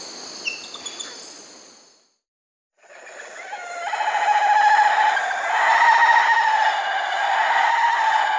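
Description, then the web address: Black-faced spider monkey calls: after brief chirps and a silent gap, a long stretched harmonic whinnying cry builds and wavers for several seconds, with a steady high background hum. South American rainforest primate. "Natures Songs S America Primates of the Rainforest Black-faced spider monkey"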